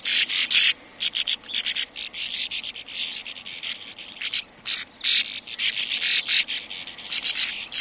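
Sand martin calls: short clusters of harsh, buzzy notes, uneven and broken by brief silences.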